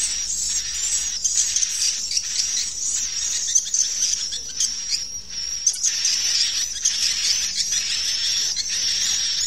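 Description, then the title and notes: Swiftlets chirp in a constant high chorus, with tinkling, buzzy pulses at uneven intervals and a low hum in the background. Swiftlet farming, Asia. "Swiflet Bird Sound. Farming Swiflet Bird asia sound"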